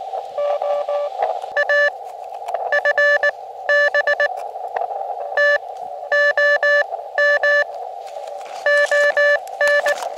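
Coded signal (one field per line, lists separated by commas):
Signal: Morse code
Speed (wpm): 19 wpm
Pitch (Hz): 1750 Hz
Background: radio noise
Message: A FB TOM ON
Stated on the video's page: QRP CW sent on an Elecraft KX2 operating outdoors, with a Packtenna antenna thrown into a tree.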